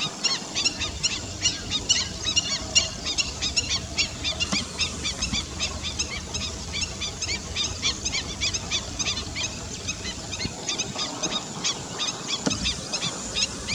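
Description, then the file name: Black-winged stilt calls: a dense chorus of high, yapping kek notes overlapping from several birds, pouring out almost continuously, with a faint low background hum. "Black-winged stilt 5 alok"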